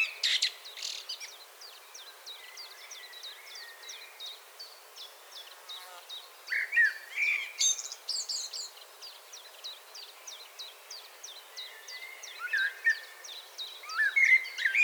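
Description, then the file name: Common blackbird giving a few short mellow warbles with squeaky endings, spaced apart, over a steady stream of rapid high chips. "Turdus merula"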